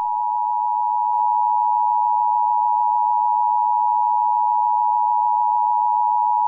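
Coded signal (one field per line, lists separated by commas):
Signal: Emergency Alert System (SAME) tones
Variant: 853 and 960 Hz attention tone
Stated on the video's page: Fictional EAS scenario.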